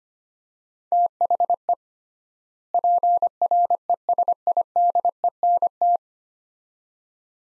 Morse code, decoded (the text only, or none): THE PRESIDENT